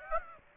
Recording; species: mosquito wingbeat signal from an infrared sensor; Aedes aegypti